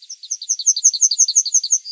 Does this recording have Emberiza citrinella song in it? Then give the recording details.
yes. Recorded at under 5 m from the bird. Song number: 008